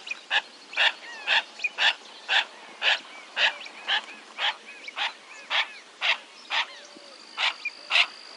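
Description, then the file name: Yellow-billed pintail calls: loud, rough notes repeated steadily about twice each second, with soft rising whistles and chatter in the background. "Canto da Marreca parda"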